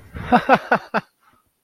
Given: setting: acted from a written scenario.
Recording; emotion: vocal sound without words; amusement